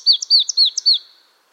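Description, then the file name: Marsh tit call, a crisp series of four downward-slurred whistles alternating with short high ticks, delivered rapidly in about one second. "Poecile palustris"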